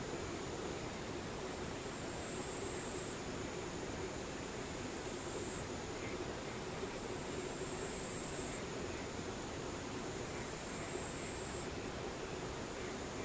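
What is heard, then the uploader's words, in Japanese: Near-silence with a soft steady hiss, over which distant insects hold a thin high whine that swells briefly every few seconds. 無音 遠くにムシ。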